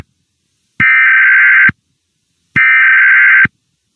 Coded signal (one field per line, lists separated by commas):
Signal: Emergency Alert System (SAME) tones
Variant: header bursts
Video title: The Scratchers Show S1 EP5 EAS ALARMS!